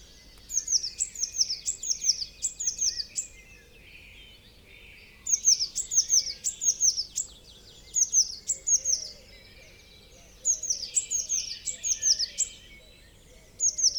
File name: Cyanistes caeruleus